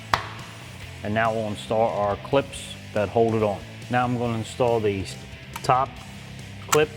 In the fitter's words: من حصولك عليه في الأسفل ثم اضغط عليه. اعطيه نقرة